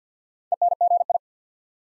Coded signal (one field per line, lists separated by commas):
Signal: Morse code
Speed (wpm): 48 wpm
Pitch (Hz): 700 Hz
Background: none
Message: ENGI